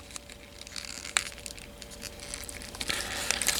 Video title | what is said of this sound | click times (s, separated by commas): Transformers Studio Series #90: Galvatron | and something should snap into place here along the front | 3.3 s